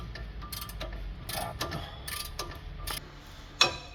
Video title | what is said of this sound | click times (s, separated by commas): Replacement of Break Pads and Pin Kit Nissan Xterra 2011 | Yun. Nag-click. So, ibig sabihin, pag hindi nag-click, hindi pa yung pasok. | 3.6 s